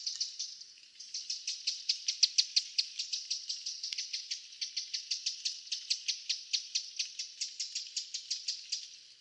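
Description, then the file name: Eurasian wren ticking call repeated rapidly and evenly throughout, a dry chattering series against a quiet background. "Troglodytes troglodytes"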